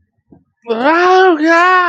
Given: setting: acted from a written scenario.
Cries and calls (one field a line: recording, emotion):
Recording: vocal sound without words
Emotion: fear